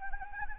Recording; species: mosquito wingbeat signal from an infrared sensor; Anopheles arabiensis